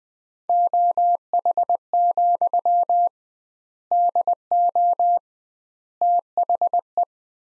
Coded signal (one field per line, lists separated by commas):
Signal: Morse code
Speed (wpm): 21 wpm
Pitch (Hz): 700 Hz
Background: none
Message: OH, DO THE